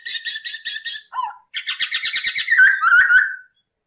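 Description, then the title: Masked laughingthrush singing a fast run of buzzy, harmonic notes, a short low phrase, then a chattering series ending in bright whistled notes. Singing actively (gacor); used as master training audio for cage birds. "SUARA BURUNG POKSAY HONGKONG GACOR"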